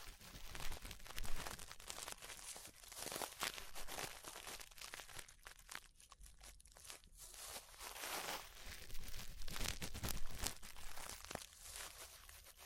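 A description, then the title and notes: Brushing against an ear, heard as dense, scratchy rustling that runs almost without pause for the whole stretch. The strokes come fast and uneven, bright and crinkly, with louder sweeps around one, three, and ten seconds and a low rumble underneath. ASMR Relaxing 3Dio Ear Brushing (No Talking).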